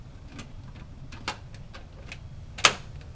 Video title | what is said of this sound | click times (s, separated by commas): Omega FoodPro 10 Cup Food Processor Demonstration | and it clicks and snaps into place. | 2.7 s